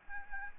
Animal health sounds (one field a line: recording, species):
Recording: mosquito wingbeat signal from an infrared sensor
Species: Aedes albopictus